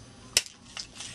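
A plastic part of a 2007 Movie Voyager Thundercracker transforming robot toy is forced onto a slightly oversized peg on the toy body. It snaps in with one sharp, bright snap at 0.4 s, followed by a faint tick at 0.5 s and a softer click at 0.8 s. The part is seated and works.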